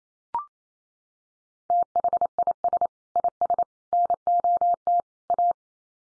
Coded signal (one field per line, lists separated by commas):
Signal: Morse code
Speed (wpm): 28 wpm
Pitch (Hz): 700 Hz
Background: none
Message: THIS IS NOT A